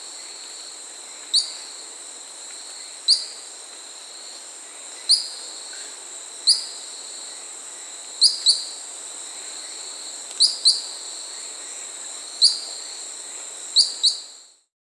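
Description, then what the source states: Short-tailed pygmy-tyrant giving high, sharp chip notes every one to two seconds, some in quick pairs, against a shrill insect hum that cuts off at the very end. South America.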